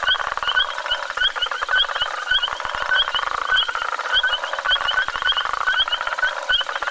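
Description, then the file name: Frogs calling together in a busy chorus of quick, high chirps and a steady clicking rattle, with no pauses across the whole stretch. "sammakko"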